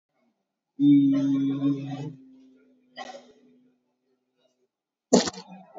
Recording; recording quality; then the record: sustained vowel as in beet; excellent, no background noise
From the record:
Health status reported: COVID-19 positive, moderate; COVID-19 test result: positive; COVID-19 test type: RT-PCR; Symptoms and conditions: cough, diarrhoea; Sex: male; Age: 24 years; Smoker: no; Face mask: not worn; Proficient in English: yes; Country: India